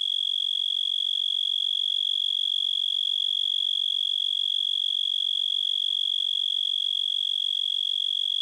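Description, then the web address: Blackhorned tree cricket giving a long, steady, shrill trill at a constant high pitch, finely pulsed and uninterrupted throughout. "Crickets and Katydids. Blackhorned Tree Cricket, Oecanthus nigricornis"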